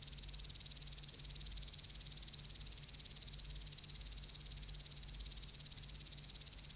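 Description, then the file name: Common green grasshopper stridulating, a fast, even ticking rattle held high and steady for the whole stretch. "Omocestus viridulus"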